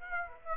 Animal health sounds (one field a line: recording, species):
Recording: mosquito wingbeat signal from an infrared sensor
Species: Aedes aegypti